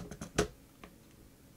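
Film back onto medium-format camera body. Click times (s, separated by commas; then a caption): 0.4 s. A film back is set onto an RB67 medium-format camera body, and its two metal tabs are pushed sideways to lock it in place. After a couple of light taps, a sharp, clear click sounds at 0.4 s, followed by a faint tick near 0.8 s. The film back is locked onto the body.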